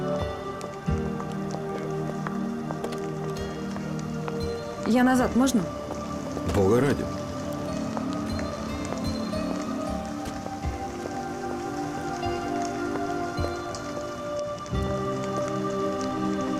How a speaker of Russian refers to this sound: Пошел дождь.